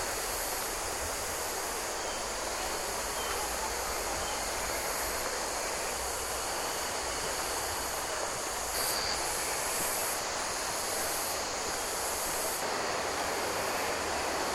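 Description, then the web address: Insects forming a thick, continuous hissing drone, with steady high tones and regularly pulsing shrill buzzes throughout. Insects in Queensland rainforest ambience. "Sound Effects-Foundation 1 AMBIENCE QUEENSLAND RAINFOREST INSECTS"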